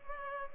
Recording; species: mosquito wingbeat signal from an infrared sensor; Culex pipiens